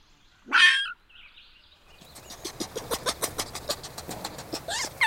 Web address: Wildlife Sounds. Red Fox